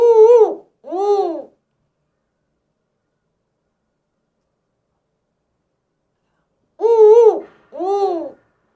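Eagle calls in two pairs of arched, harmonic yelps, each a long note followed by a shorter one, the pairs several seconds apart with silence between.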